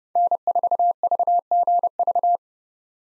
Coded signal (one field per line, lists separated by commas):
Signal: Morse code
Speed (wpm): 32 wpm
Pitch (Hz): 700 Hz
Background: none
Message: N4VGV